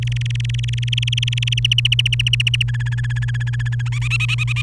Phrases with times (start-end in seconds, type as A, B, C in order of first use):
0.02-1.59 A, 1.65-2.63 B, 2.68-3.88 C, 3.92-4.62 D